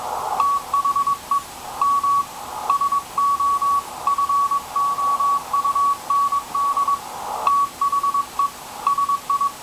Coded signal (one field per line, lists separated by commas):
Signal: Morse code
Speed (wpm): 21 wpm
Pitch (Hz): 1130 Hz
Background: none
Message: THEM SO FOUND THE SI